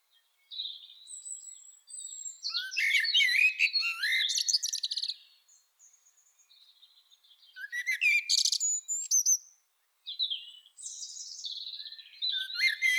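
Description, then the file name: Common blackbird singing repeated melodious phrases of low whistles and sharp high twittering, in several phrases with short pauses. "Turdus merula"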